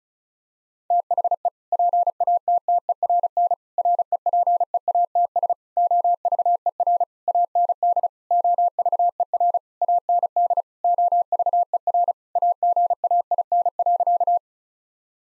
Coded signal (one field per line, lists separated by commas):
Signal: Morse code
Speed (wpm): 36 wpm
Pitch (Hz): 700 Hz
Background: none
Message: THE PATTERN REPEATS OVER AND OVER AND OVER AGAIN.